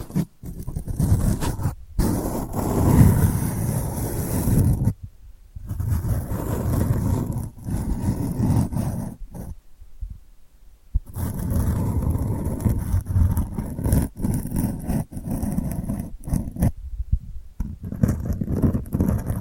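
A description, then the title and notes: Delicate scratching comes in uneven bursts, mostly low and rough with a faint hiss riding above. Short pauses of near silence break it up around 2, 5.5, 9.5 to 11, and 14 seconds before the scraping resumes at a steady level. ASMR Delicate Scratching for Sleep (No Talking).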